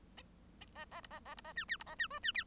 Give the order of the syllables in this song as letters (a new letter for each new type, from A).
A A B A A B A C D B A C E C D